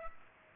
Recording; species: mosquito wingbeat signal from an infrared sensor; Culex pipiens